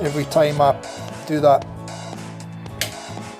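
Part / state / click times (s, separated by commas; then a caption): spring-loaded index pin into the lathe spindle index head / seated / 2.8 s. Someone talks over background music while a lathe spindle, turned for decorating a shaving brush handle, is rotated to the next index position. At 2.8 s a sharp little click is heard as the spring pushes the spring-loaded index pin back into the index head hole, seating it and locking the spindle.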